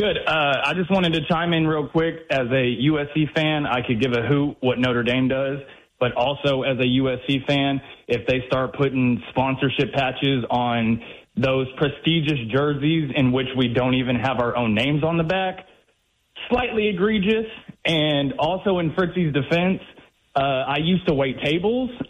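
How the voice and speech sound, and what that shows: An adult man speaks fluently over a narrow, telephone-quality line. His voice is steady and ordinary in pitch and quality, with only brief natural pauses. This is normal conversational speech.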